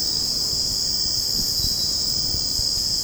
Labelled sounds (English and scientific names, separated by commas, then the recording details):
none
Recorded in secondary vegetation near Puerto Asís, Putumayo, Colombia, on 18 February 2024 at 04:00
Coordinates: 0.489, -76.322
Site G6419